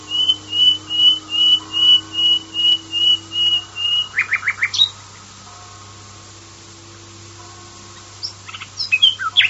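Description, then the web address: Common nightingale song: a run of about ten evenly repeated whistled notes, then a quick trill, a pause, and a few sharp varied notes; a steady low hum underneath. "varie usignolo"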